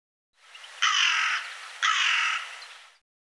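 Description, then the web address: Bird calling two loud, hoarse caws about a second apart, each a broad, grating burst of sound. "cianscape birddata Deverinetal 2025 File cleaned normalized Bird"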